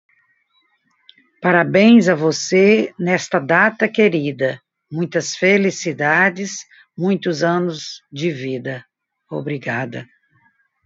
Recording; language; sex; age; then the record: short text; Brazilian Portuguese; female; 60 to 69 years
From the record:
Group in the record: control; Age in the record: 66 years